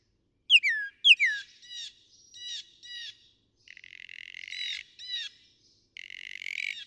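Northern mockingbird song: two downslurred whistles, then several varied chirps mixed with raspy buzzy phrases.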